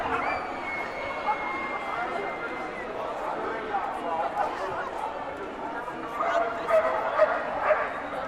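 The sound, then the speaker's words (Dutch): Police dogs bark and yip repeatedly over a steady wash of crowd chatter during an activist occupation of the Roeterseiland university campus in May 2024, the sharp barks rising in bursts, busiest toward the end. “En dan bedoel ik niet alleen de politiehonden.”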